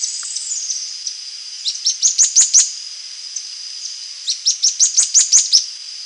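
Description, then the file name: Bird chirping, a faint sliding note early, then two fast runs of piercing, downward-flicking notes several seconds apart over a steady high background tone. "SABIOD 50 bird 2015"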